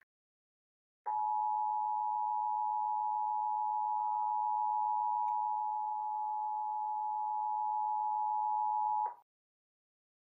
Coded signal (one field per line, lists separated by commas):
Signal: Emergency Alert System (SAME) tones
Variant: 853 and 960 Hz attention tone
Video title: 2019 National Periodic Test (KDAF/KDFI) (EAS #387-388).